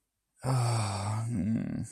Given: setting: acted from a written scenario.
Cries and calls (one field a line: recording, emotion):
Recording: vocal sound without words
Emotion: embarrassment